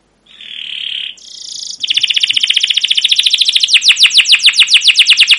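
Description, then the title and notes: Canary song beginning with steady whistled tones, then a long trill of sharp downward-sweeping chirps growing louder. Canary song with "cuit cuit" chirps, used as a lure and tutor recording for training young canaries to sing long and energetically. "CUIT CUIT NGEROL LANGSUNG GACOR PANJANG Kenari Ini AMPUH Utk Pancingan KENAR. PANCINGAN Kenari GACOR PANJANG Cuit CUIT EMOSI ini AMPUH utk MASTERAN Kenari PAUD belajar BUNYI. burung kenari"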